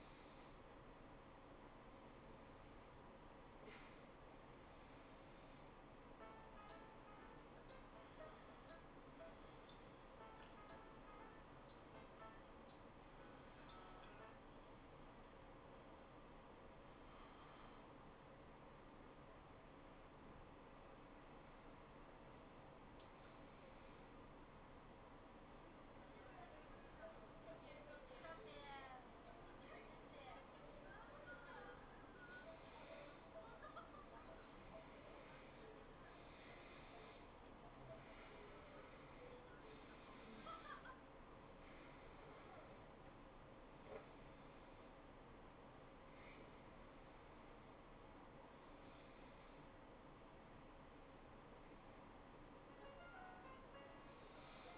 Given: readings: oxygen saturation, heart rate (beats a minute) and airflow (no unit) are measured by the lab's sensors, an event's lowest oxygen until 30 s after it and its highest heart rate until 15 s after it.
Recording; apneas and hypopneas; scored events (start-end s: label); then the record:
a person awake in a sleep study, by a voice recorder at the bedside; none
0.00-54.78 s: awake
From the record:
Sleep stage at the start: awake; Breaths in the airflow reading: 22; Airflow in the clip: -0.6 to 0.7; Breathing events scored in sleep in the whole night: 403 in 5.5 hours asleep